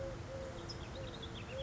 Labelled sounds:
Eurasian Collared Dove

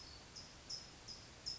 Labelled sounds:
California Towhee

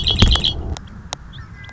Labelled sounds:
Red-winged Blackbird

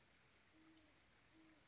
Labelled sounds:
Great Horned Owl

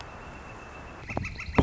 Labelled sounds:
Northern Flicker

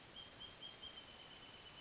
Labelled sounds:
Wrentit

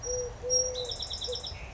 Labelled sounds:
Eurasian Collared Dove

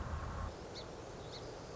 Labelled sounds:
Song Sparrow

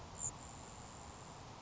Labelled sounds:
Grasshopper Sparrow

